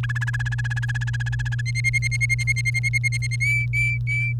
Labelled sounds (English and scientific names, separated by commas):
Domestic Canary (Serinus canaria) song